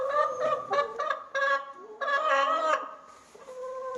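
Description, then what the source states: Chickens giving loud, drawn-out cackling clucks in quick succession, then a brief lull before calling resumes. Hens clucking while eating in the recordist's own henhouse.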